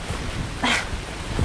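Steady, dense hiss of pouring rain outdoors while a tent is being set up, with low wind rumble underneath, swelling briefly into a louder, brighter gust about halfway through before settling back to the constant downpour.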